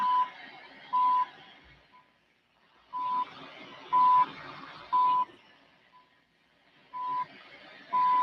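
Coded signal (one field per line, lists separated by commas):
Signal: radio time signal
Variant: CHU Canada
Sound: short 1 kHz beeps about once a second, a few weak or missing, over hissing static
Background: radio static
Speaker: Well, there's a CHU time signal. It definitely works a lot better on the NFED. CHU Canada, coordinated 21 hours, 52 minutes.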